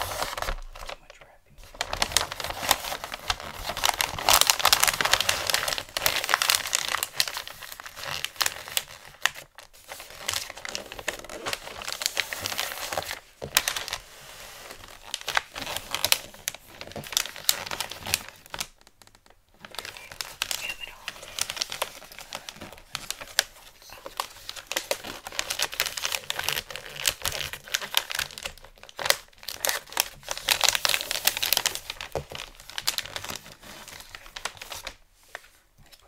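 Gift wrapping paper is crinkled and crumpled in dense, bright bursts that run almost without pause for over half a minute. Brief silent gaps fall near 1, 19 and 29 seconds, and a few tearing sounds, likely tape, cut through the rustling.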